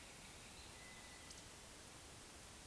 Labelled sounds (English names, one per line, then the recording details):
Eurasian Woodcock whistle
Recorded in Baden-Württemberg, Germany, on 31 May 2021 at 19:41 UTC
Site 24606, 635 m above sea level